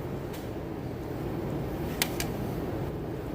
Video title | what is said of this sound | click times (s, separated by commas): POLARIS AXYS - JACK/DRIVESHAFT BEARINGS & SEALS | There we go. So make sure your C-clips are seated all the way around. I felt and heard those and saw them snap into place. | 2.0 s, 2.2 s